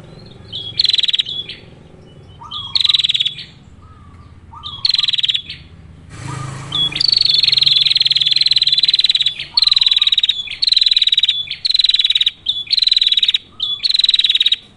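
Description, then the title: Bar-winged prinia giving loud buzzy pulsed trills, short bursts that stretch into a long rolling run, with faint lower whistles, a brief noise burst and a low hum. Female bar-winged prinia calling to a male; 'ngerol' rolling call style; potent masteran training song. "Prenjak Betina || Masteran Betina Ngerol ngerol Memanggil Jantan Ampuh"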